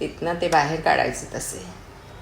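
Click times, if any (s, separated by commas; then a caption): none. A knot fastener is being pulled out through a handmade hole in an earbud case cover, which will lock the cover closed. A woman talks over faint handling noise. Nothing has seated or clicked yet.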